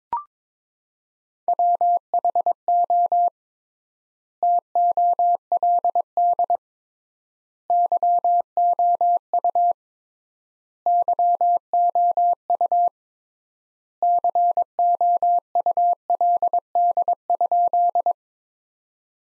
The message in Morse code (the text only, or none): WHO TOLD YOU YOU COULD?